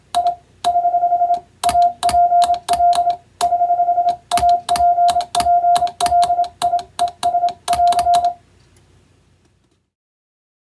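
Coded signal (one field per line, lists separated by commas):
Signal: Morse code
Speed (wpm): 26 wpm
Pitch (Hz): 700 Hz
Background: none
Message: I <HH> APL <HH> APPLIES <AR>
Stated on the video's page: Hand-sent CW on an electronic keyer rather than software, sending plain-language telegram practice text for receiving practice.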